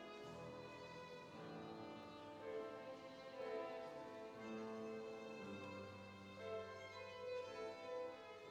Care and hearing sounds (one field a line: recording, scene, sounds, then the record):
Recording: everyday scene through a hearing-aid microphone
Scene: reverberant space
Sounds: music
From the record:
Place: church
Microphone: in the ear canal, right